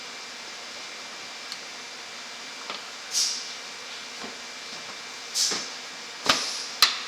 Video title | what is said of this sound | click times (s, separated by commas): Headlight bulb replacement 2010 Honda Accord EX | just seems to snap into place here | 6.3 s, 6.8 s